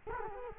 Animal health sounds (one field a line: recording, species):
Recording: mosquito wingbeat signal from an infrared sensor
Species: Culex quinquefasciatus